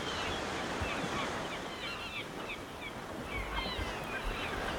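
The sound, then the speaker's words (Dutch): Seagulls call in short, high bursts over a steady wash of sea surf and wind in Norway, their cries scattered through the whole stretch with no voices present. “Dit zijn meeuwen.”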